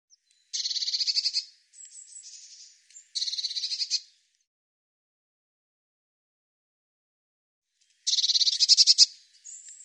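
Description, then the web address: Bird song: high, buzzy, rattling trills lasting about a second each, two close together, then a long silence before another trill ending in a thin whistle. "cianscape birddata Deverinetal Bird Cy Ca"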